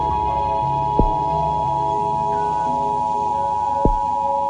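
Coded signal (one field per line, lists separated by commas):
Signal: Emergency Alert System (SAME) tones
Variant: 853 and 960 Hz attention tone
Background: music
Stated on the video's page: Fictional EAS scenario made for a custom Plague Inc game run.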